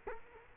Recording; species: mosquito wingbeat signal from an infrared sensor; Culex quinquefasciatus